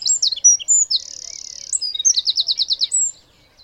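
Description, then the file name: Eurasian wren song, piercingly high: sharp whistled notes, a steady buzzing reel, then a quick run of several evenly spaced trilled notes. "Troglodytes troglodytes"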